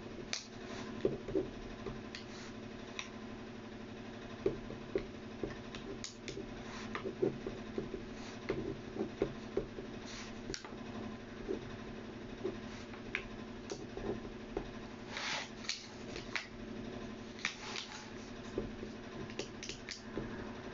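Sounds of someone copying out text by hand: short scratchy strokes and taps come irregularly throughout, bunching into busier bursts around 15 and 17 seconds. Beneath them runs a steady low hum, like a fan, that never changes.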